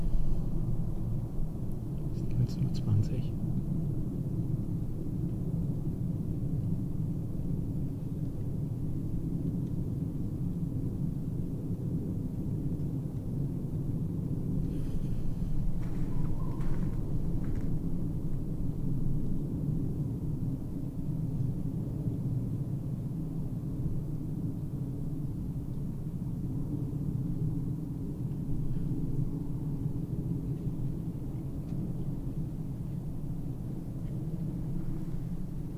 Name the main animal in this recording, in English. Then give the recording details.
Red Fox. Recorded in the wild. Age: adult. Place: Altsorgefeld, NSG Rochauer Heide, Brandenburg, DE. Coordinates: 51.8128, 13.5178. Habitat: wood. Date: 2007-03-12 19:15. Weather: heiter, 10°C, windstill. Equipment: Sound Devices 702, Sennheiser MKH 70, Windkorb. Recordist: Frommolt, Karl-Heinz. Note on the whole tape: Revier 94: Schreie und Bellstrophen von zumindest zwei unterschiedlichen Tieren. Tiere nicht gesehen. Entfernung mindestens 100 m. Ungeschnittene Aufnahme